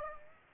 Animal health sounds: mosquito wingbeat signal from an infrared sensor; Aedes aegypti

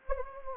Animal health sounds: mosquito wingbeat signal from an infrared sensor; Anopheles gambiae

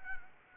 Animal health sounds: mosquito wingbeat signal from an infrared sensor; Anopheles gambiae

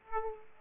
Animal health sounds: mosquito wingbeat signal from an infrared sensor; Aedes aegypti

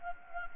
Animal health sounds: mosquito wingbeat signal from an infrared sensor; Anopheles gambiae

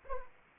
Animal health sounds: mosquito wingbeat signal from an infrared sensor; Anopheles arabiensis

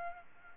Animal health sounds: mosquito wingbeat signal from an infrared sensor; Aedes albopictus

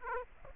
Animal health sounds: mosquito wingbeat signal from an infrared sensor; Aedes aegypti

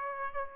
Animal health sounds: mosquito wingbeat signal from an infrared sensor; Aedes aegypti

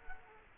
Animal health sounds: mosquito wingbeat signal from an infrared sensor; Culex quinquefasciatus

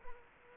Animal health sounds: mosquito wingbeat signal from an infrared sensor; Culex quinquefasciatus

